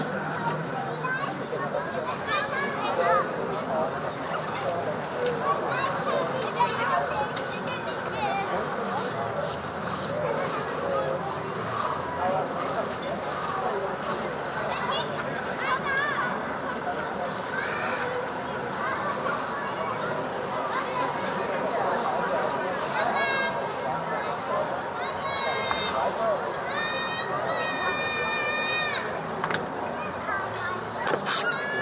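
A summer evening in Berlin, full of overlapping voices and chatter that hold steady and dense throughout. Traffic murmurs low underneath. Toward the end, several louder raised voices or calls stand out over the crowd for a few seconds at a time.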